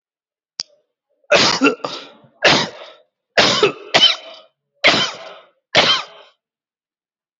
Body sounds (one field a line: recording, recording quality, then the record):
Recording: heavy voluntary cough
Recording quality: excellent, no background noise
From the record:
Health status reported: COVID-19 positive, mild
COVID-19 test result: positive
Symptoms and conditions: cough, breathing difficulty, fever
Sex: male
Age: 38 years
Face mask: worn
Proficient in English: yes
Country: India